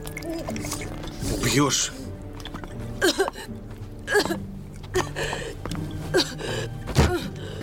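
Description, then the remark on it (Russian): Wine is poured from a bottle into a woman's mouth, glugging, broken by a series of sputtering gulps, hiccup-like gasps and strained vocal noises in uneven bursts. “Вливает ей в рот из бутылки вино.”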